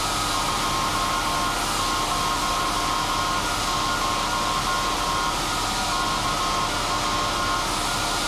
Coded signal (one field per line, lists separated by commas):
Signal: Morse code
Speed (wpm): 17 wpm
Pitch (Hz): 1070 Hz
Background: none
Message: 200 KW